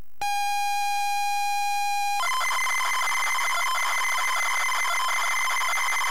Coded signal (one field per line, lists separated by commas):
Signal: ZX Spectrum tape loading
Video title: ZX SPectrum 128k Auf Wiedersehen Monty